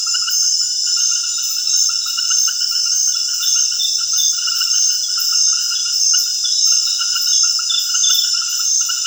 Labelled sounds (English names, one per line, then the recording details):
none
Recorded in secondary vegetation near Puerto Asís, Putumayo, Colombia, on 29 June 2025 at 20:00
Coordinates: 0.498, -76.327
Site GP09